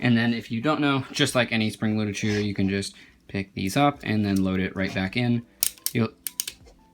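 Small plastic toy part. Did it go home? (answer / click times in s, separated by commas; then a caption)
yes / 6.4 s. Someone talks while a plastic missile is reloaded into the spring-loaded shooter on a LEGO Star Wars AT-ST Raider (set 75254) brick-built walker. The missile is pushed in until it latches with a small sharp click at 6.4 s, seating it back in place.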